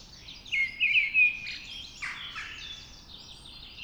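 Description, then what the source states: Mistle thrush singing brief, clear whistled phrases of quick rising and falling notes, over soft high twittering. Singing at dawn.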